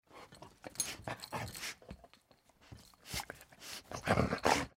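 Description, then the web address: Wheaten terrier giving playful snarls and growls in short rough bursts, with heavy breathing between them and a louder bark-like burst near the end. Playful snarling with breathing, a bark and a jingling collar. "Blastwave. Dog Wheaten Terrier Play Snarl"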